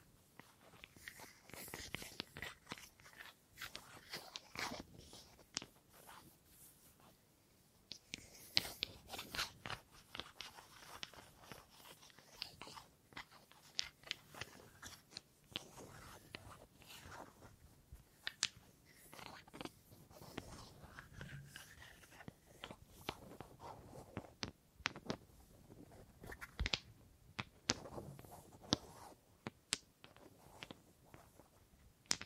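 Wooden triggers: dense, irregular tapping and scratching on wood, with sharp clicks and crunchy snaps scattered throughout the 32 seconds. The sounds come in quick bursts with brief gaps, most often through the middle and later stretches, over a soft, steady hiss.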